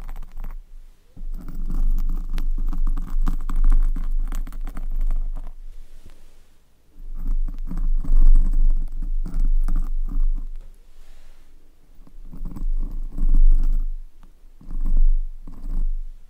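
Scratching and rubbing on a microphone, heard as low, muffled rumbling bursts with a heavy thump at the bottom. The handling comes in uneven stretches of a second or two, with short near-silent pauses around 6, 11 and 14 seconds, and quick crackling scrapes scattered throughout.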